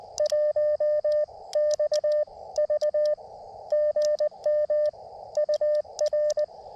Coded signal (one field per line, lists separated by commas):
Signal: Morse code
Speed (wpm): 20 wpm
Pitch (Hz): 590 Hz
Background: radio noise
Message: 1XV GM UR